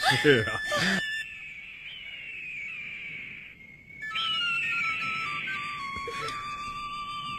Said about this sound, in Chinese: 别怕，啊，爷爷吹的是欢乐的曲子，山鹰在和我们玩呢。爷爷如果吹战斗的笛声，山鹰就会扑向土狼或者坏人，向他们进攻。